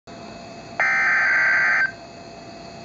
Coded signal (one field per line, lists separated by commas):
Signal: Emergency Alert System (SAME) tones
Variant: header bursts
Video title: Real NOAA Weather Radio EAS Alert #204